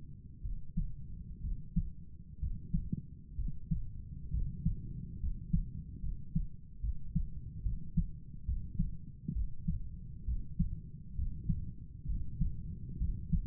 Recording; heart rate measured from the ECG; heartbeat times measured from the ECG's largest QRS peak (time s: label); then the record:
heart sounds by stethoscope; 67 bpm
0.42 s: heartbeat
1.42 s: heartbeat
2.40 s: heartbeat
3.36 s: heartbeat
4.31 s: heartbeat
5.20 s: heartbeat
6.01 s: heartbeat
6.81 s: heartbeat
7.63 s: heartbeat
8.45 s: heartbeat
9.33 s: heartbeat
10.25 s: heartbeat
11.15 s: heartbeat
12.06 s: heartbeat
12.98 s: heartbeat
From the record:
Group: healthy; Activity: rest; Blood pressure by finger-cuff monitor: 116/62 mmHg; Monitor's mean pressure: 80 mmHg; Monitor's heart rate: 66 bpm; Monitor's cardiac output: 7 L/min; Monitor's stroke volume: 105 mL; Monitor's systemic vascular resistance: 840 dyn s/cm5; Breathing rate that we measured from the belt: 21 breaths a minute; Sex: male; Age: 35 years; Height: 180 cm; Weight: 86.9 kg